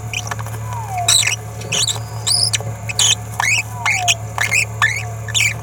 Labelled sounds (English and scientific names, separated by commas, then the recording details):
Green-rumped Parrotlet (Forpus passerinus) babbling
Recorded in a nest box in Venezuela
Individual 18B17A3